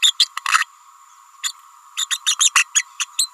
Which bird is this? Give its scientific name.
Forpus passerinus